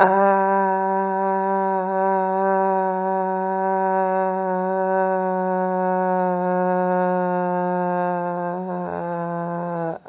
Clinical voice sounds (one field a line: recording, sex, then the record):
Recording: sustained vowel /a/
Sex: female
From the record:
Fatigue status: fatigue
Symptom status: symptomatic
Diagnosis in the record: COVID-19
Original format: 3gp